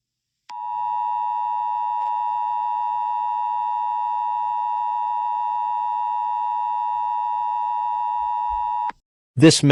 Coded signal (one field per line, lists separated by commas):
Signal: Emergency Alert System (SAME) tones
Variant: 853 and 960 Hz attention tone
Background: speech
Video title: EAS SCENARIO 24: Simon Attacks